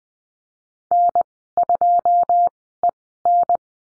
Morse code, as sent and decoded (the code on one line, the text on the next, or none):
-. ..--- . -.
N2EN